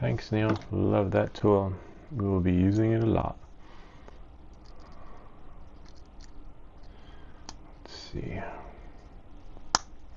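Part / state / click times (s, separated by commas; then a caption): plastic toy tire onto toy car wheel / seated / 9.8 s. Someone talks at the start, then after some quiet handling noise a plastic toy tire, its part ground down beforehand, is pushed onto a toy car wheel. It seats with a single sharp snap at 9.8 s.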